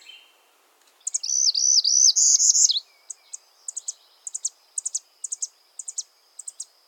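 Northern parula gives a wavering buzzy trill that ends with an abrupt drop, followed by a series of thin high ticks.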